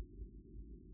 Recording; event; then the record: neck accelerometer signal played as sound; no cough (speech, laughter, throat clearing or background)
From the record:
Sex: male